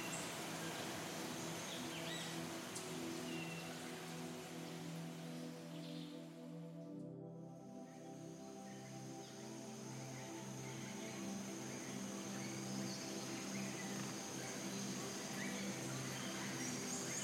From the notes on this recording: enchanting soundscapes of birds singing, rainforest animals' gentle calls, soothing waterfall melodies, and soft wind whispers